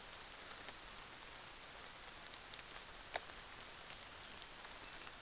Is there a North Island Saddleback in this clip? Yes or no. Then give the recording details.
no. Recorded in New Zealand on 24 December 2018. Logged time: 06:00